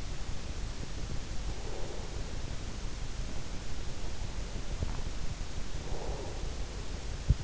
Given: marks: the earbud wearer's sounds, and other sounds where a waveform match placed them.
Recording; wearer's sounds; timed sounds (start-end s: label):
sounds in sleep by an in-ear microphone; breath
0.81-2.66 s: breath
5.41-7.44 s: breath